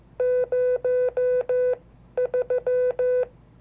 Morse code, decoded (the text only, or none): 03